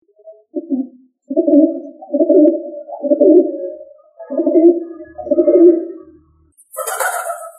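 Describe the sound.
Pigeon cooing: a series of low, throaty, rolling coos, followed by a brief, higher, noisy burst at the end.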